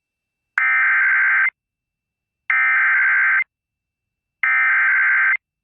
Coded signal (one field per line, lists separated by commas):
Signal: Emergency Alert System (SAME) tones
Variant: header bursts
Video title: We Aren't Done Yet | EAS Alerts from 9/17/2022 (EAS #1414-1430)